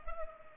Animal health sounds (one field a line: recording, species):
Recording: mosquito wingbeat signal from an infrared sensor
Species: Culex pipiens